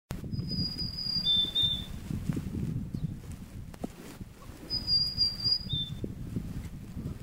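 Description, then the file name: Marsh tit calling with high, thin paired notes, the second lower than the first, two pairs about four seconds apart against a constant low rumble. "ハシブトガラ"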